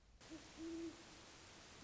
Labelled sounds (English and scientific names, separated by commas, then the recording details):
Great Horned Owl (Bubo virginianus)
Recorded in Sonoma County, California